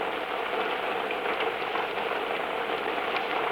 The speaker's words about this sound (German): Regnet es jetzt? Ja, jetzt regnet es.